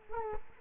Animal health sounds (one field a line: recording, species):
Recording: mosquito wingbeat signal from an infrared sensor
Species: Culex quinquefasciatus